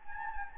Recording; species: mosquito wingbeat signal from an infrared sensor; Anopheles gambiae